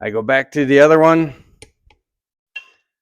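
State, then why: Torque reached. Someone talks while going back to the first connecting rod cap bolt, torqued with oil to 175 inch-lbs (ARC) on a Junior Dragster engine, with a click-type torque wrench to confirm the torque. Two faint ticks follow, then the wrench gives a loud, sharp click at 2.6 s, confirming the bolt is at its torque setting.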